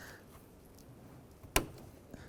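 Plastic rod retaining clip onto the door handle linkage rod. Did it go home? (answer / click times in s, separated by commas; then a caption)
yes / 1.6 s. A black plastic lock clip is spun onto the door handle linkage rod of a 2007-2013 Acura MDX front exterior door handle and snaps into place. A single loud click sounds at 1.6 s against a quiet background, with a couple of faint ticks around it. The retaining clip is seated.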